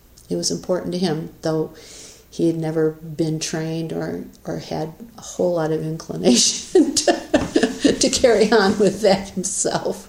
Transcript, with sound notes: it was important to him, though he'd never been trained or had a whole lot of inclination [laughs] to carry on with that himself.